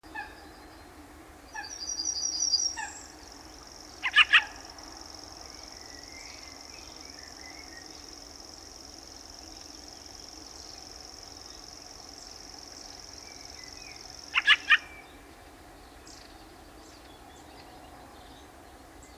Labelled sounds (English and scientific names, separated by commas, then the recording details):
Fieldfare (Turdus pilaris) call
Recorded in the wild
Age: adult
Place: Anhauser Weiher, Baden-Württemberg, DE
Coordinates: 48.8458, 10.6578
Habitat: pond
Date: 1971-05-04
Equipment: Uher Report 4200, Scotch-Classic 19cm, AKG D190C in Doppelparabolreflektoren
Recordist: Krey, Winfried